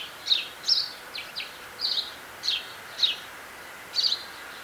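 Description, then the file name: House sparrow giving short, bright chirps, several spaced irregularly over a few seconds, over a faint steady background hum. "Passer domesticus"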